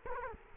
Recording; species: mosquito wingbeat signal from an infrared sensor; Culex quinquefasciatus